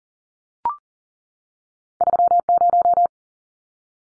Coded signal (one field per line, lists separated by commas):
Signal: Morse code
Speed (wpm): 40 wpm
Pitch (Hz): 700 Hz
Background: none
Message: 30